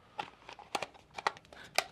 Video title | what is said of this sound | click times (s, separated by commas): HK Army Sonic Loader Review and Shooting - Lone Wolf Paintball | see click in there and then on the bottom here mark this is your going to be your power button so | 1.8 s